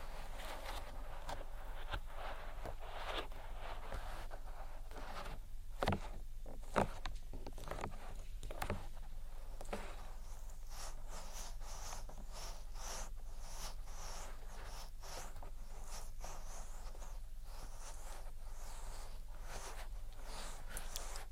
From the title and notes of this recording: ASMR INTENSE Ear Attention Triggers (Tapping, Rubbing, Cupping, Lotion, Latex).